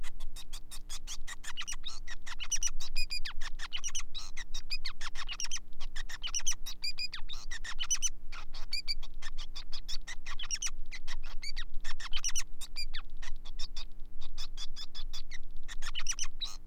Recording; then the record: song of a male Bengalese finch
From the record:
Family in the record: son of father 5